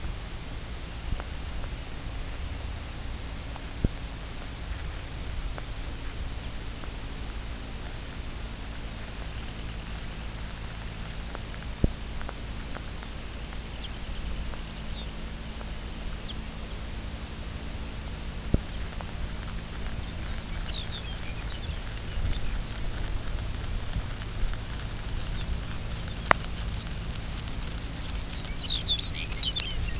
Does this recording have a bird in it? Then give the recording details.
yes. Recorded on Arctic tundra, site UTQI-2, on 16 June 2019. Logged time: 00:00